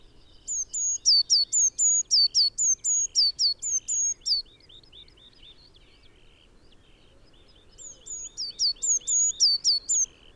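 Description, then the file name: Eurasian blue tit calling with rapid high whistled notes, each dipping downward, in a long run, then silence before a shorter second burst. "Cyanistes caeruleus"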